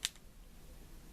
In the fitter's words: simple as that just slides in and then clicks into place